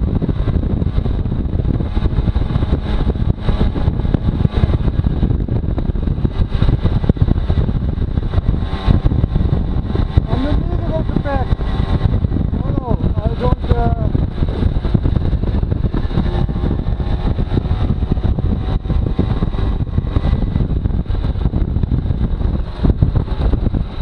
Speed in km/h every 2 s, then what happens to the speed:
46, 45, 43, 42, 42, 42, 39, 39, 42, 42, 27, 5.
0-18 steady at about 42. 18-24 brakes to 5.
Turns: none.